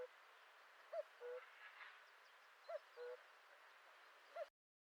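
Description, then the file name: Common cuckoo giving its falling two-note call twice in full at even intervals, with a partial call at the start and another cut off at the end, faint background noise and the recording ending abruptly. "Le coucou"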